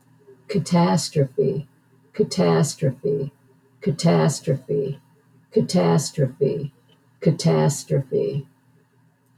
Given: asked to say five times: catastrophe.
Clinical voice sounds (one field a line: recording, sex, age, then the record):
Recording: repeated word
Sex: female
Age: 60 to 69 years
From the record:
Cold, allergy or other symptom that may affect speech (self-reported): no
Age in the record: 62 years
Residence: Michigan, United States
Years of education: 13